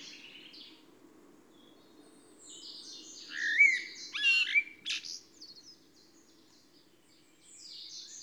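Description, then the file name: Eurasian blackbird delivering one brief warbling phrase of slurred whistles and a sharp high note, set against a steady low rumbling background noise. "Turdus merula"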